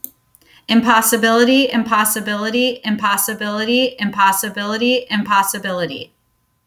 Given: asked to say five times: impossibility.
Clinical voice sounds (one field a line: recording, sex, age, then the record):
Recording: repeated word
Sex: female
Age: 40 to 49 years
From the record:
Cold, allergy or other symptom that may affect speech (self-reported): no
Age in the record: 47 years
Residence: Florida, United States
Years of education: 16